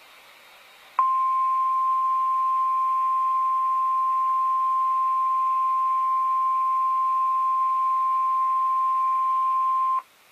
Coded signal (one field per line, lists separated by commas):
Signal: Emergency Alert System (SAME) tones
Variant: 1050 Hz attention tone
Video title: EAS Capture #4